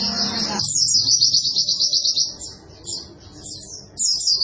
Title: Pleci Gacor. Masteran Burung PLECI Untuk Cetak PRESTASI